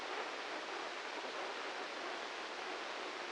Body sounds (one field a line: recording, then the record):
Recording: brain microelectrode recording played as sound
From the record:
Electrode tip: inside the subthalamic nucleus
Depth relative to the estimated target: 0 mm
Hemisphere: left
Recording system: NeuroSet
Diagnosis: Parkinson's disease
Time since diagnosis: 15 years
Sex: male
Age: 65 years